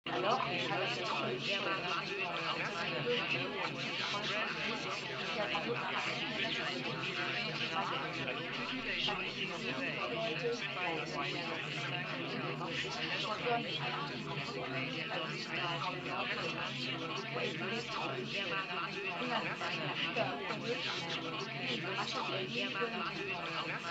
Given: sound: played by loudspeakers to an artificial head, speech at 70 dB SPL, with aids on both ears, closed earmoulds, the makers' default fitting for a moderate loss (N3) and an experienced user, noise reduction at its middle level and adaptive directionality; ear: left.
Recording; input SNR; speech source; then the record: speech test signal (ISTS) in cocktail-party noise; -6 dB; on the right (90 degrees)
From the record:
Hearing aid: class 1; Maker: F